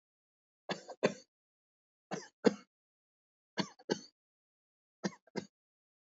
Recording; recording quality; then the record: heavy voluntary cough; poor, much background noise or distortion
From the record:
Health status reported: COVID-19 positive, no symptoms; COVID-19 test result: positive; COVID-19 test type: RT-PCR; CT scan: not taken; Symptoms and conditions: sore throat, fatigue, loss of smell and taste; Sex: male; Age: 27 years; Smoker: no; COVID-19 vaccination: both doses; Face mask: not worn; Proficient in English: yes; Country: India